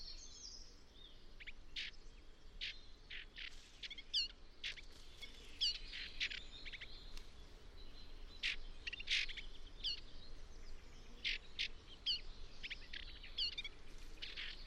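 Eurasian blackcap calling with many repeated sharp tack-like clicks against constant faint background noise.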